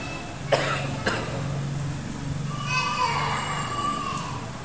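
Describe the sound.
A man who has had an untreated cough for a week gives two short, harsh coughs about half a second apart, followed by a steady murmur of background voices with some higher-pitched chatter.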